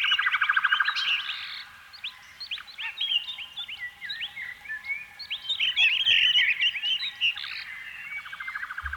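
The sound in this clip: Canary song opening with a fast buzzy trill, then a rich run of varied whistled notes and chirps, ending in another rapid rolling trill.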